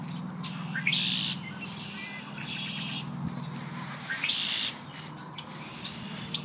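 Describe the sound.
Bird song in short buzzy, rattling bursts, three phrases about a second and a half apart, over a steady low hum.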